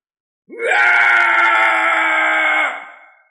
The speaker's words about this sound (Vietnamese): Phía xa truyền đến một tiếng thét dài, khắp cả dãy núi đều rung chuyển.